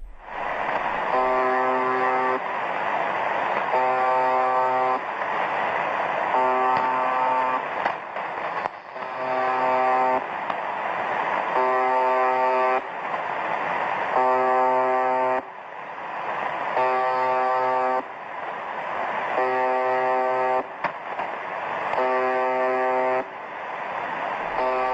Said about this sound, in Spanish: Bueno, esto simplemente se va repitiendo una especie de pitido, curioso. No sé si te da también una especie de dispositivo mano muerta, como decías antes, o dentro de ese ruido puede ir una cantidad de información determinada, no lo sé.